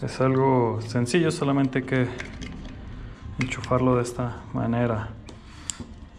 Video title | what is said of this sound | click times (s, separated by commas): como cambiar bujia central / laterales de tu motocicleta (bien explicado) DOMINAR 400 2.0 / UG | ella hizo click suficiente vamos a esconderlo | 5.7 s